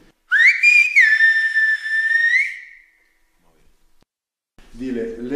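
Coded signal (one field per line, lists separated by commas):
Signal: whistled language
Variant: Silbo Gomero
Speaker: والسلبو دي بكل بساطه هي اسباني لكن بايه بيكلموها بالسفاره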